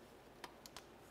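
On a 2004-2010 BMW X3, the larger plastic wiring harness connector is slid onto the transfer case actuator socket and seats with a sharp click at 0.4 s. Two fainter short clicks follow at 0.7 s and 0.8 s, and the connector ends up clicked in and seated.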